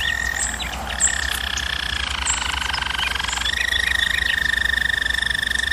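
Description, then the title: German Roller canary delivering a smooth sustained roll that dips slightly lower mid-phrase before returning to a steady higher trill. Domestic canary song used for canary training. "German Roller Canary Singing - Canary Training Vid"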